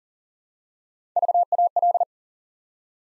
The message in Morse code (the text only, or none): VAL